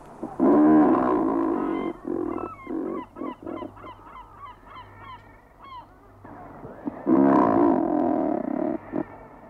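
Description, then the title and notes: Razorbill growling calls, deep rasping bursts at the start and end, with a run of thin, high whistled bird notes between them. "Ruokki. Juha Laaksonen"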